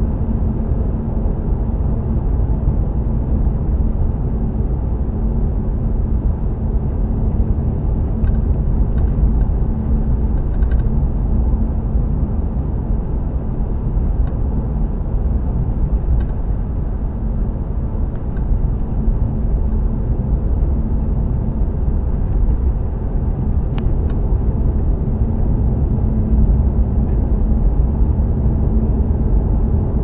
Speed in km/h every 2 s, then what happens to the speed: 58, 56, 55, 55, 56, 56, 56, 56, 55, 53, 55, 55, 56, 58, 60.
0-19 steady at about 56. 19-30 speeds up to 60.